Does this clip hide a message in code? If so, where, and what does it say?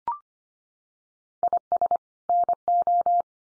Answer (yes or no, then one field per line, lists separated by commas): yes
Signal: Morse code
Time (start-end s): 1.4-3.2 s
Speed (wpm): 25 wpm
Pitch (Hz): 700 Hz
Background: none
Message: IS NO